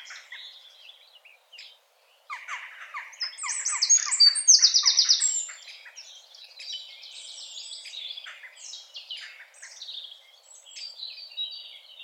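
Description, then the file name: Eurasian wren giving a loud, rapid, high-pitched trill for about a second midway, amid softer twittering notes. "Troglodytes troglodytes"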